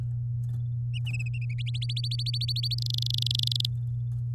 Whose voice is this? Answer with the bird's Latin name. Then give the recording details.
Serinus canaria. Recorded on 8 May 2018 at 08:47. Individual llb16